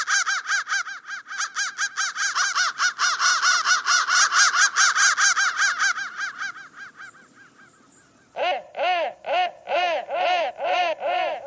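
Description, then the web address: Crow calls: a fast run of harsh caws fading out, a brief quiet spell, then slower, deeper caws resuming. "soundfactory crow"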